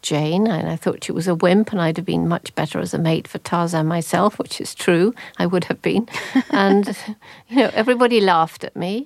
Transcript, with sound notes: And I thought she was a wimp and I'd have been much better as a mate for Tarzan myself, which is true. I would have been.
(Laughter).
And, you know, everybody laughed at me.